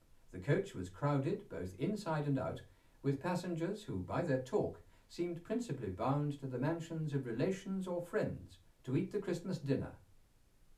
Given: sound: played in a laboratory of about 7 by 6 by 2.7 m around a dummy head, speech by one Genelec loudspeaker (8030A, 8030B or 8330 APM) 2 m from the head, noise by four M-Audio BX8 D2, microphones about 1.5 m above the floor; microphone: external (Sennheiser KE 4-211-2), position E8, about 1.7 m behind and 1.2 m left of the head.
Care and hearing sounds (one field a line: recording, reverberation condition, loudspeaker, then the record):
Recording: male speech in English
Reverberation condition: low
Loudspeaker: in front (0 degrees)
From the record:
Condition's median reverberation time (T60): about 310 ms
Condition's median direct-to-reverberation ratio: about 3.5 dB